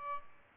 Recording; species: mosquito wingbeat signal from an infrared sensor; Aedes albopictus